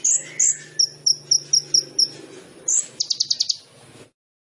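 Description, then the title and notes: Sunbird song: high squeaky notes, a quick series of short chirps, then a brief rapid trill before the sound cuts off, with a low hum underneath. Indonesian masteran training song for songbirds; vigorous (gacor) song full of fill-in phrases (isian) and bursts (tembakan), suited for luring (pancingan). "MASTERAN KOLIBRI NINJA TERBAIK FULL ISIAN DAN TEMBAKAN MEWAH COCOK BUAT PANCINGAN. Suara Burung Kolibri Ninja Gacor"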